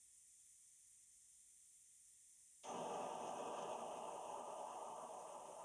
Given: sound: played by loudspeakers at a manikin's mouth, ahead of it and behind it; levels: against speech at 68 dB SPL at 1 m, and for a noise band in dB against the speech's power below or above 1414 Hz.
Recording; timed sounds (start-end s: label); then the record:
test signals for a remote microphone
2.63-5.65 s: speech-spectrum noise from ahead, +10 dB
From the record:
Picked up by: remote microphone B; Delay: 24 ms